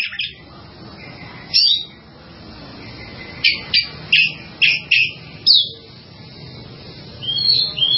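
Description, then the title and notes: Bird calls: short sharp chirps, mostly in a quick loose series, over steady low background noise. "Bird Sound. Kicau Burung Lengkap"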